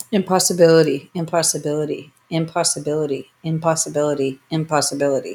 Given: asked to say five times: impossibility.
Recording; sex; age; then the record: repeated word; female; 30 to 39 years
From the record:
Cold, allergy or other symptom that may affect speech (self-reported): no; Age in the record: 39 years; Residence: California, United States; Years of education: 16